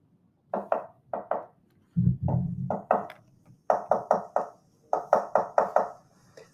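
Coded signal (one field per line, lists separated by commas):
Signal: tap code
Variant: POW tap code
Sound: sharp knocks on a hard surface in small groups: two, two, then runs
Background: small room, brief rumble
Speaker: after his door was closed and the turnkey left and the first thing he would hear is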